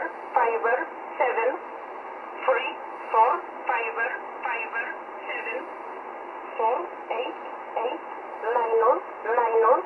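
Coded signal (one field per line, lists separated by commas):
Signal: numbers station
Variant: E11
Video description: Polish Intelligence transmitting a message to an agent in the field.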